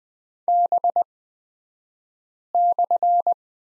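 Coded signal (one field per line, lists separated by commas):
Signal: Morse code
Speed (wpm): 20 wpm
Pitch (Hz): 700 Hz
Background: none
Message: B/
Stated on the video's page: Morse course lesson on the prosign BK at Farnsworth speed 20/10 wpm.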